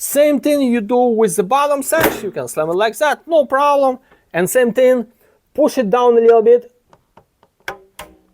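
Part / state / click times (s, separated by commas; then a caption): window sash tilt latch into the side jamb track / seated / 7.7 s, 8.0 s. Someone talks while the tilted-in bottom sash of an Andersen 200 series double-hung window is pushed back up and pressed down a little. Then its tilt latches click into the side jamb track at 7.7 and 8.0 seconds, and the sash is seated.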